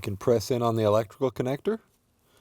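Someone talks while about to press the wiring harness electrical connector onto the new brake light switch of a 2009-2014 Ford F-150. The clip ends in near silence before the connector goes home; nothing has seated or clicked yet.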